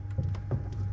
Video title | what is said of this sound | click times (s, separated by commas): 1957 Oval Window VW Bug RetroSound Radio Installation (Video #3) | right here with a little bit of Click You Heard It Go click and then this right here snaps onto the back | 0.5 s